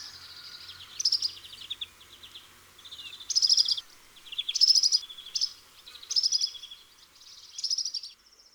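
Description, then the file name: European serin song, bursts of very high, jingling, buzzy twitters about every one and a half seconds, each a rapid glassy scramble, with quiet background between phrases. "Serin cini"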